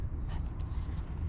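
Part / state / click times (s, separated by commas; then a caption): Pulsar LT module into intake sensor connector / not seated / none. A Pulsar LT module is handled at the plastic intake sensor connector of a 2019 Silverado 1500 Z71 LTZ, with its logo and locking tab facing the installer. Only a steady low rumble with faint rustling is heard, with no sharp transients. Nothing has seated or clicked yet.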